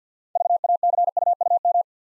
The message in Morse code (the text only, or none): VACUUM